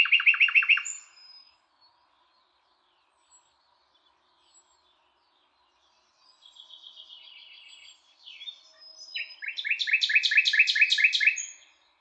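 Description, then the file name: Common nightingale song: a loud rapid trill opening, a long pause, then soft thin whistles, ending in a fast, rich repeated chatter of notes. "Luscinia megarhynchos"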